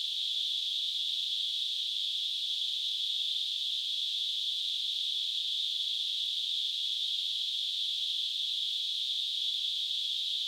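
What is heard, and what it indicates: A steady, high-pitched hissing band of noise holds at constant loudness for the full ten seconds, with no breaks or pulsing. It is a simulated tinnitus sound, imitating the continuous ringing or hissing heard in the ears.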